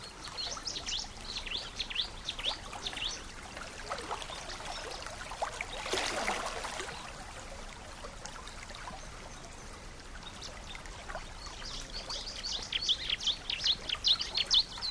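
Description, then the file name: Bar-winged Prinia: ciblek song: bursts of high, thin chirps and twittering notes, strongest at the start and the end, over a steady rushing background like flowing water. Nature-therapy sound for a ciblek that has stopped singing (macet). "terapi alam ciblek macet"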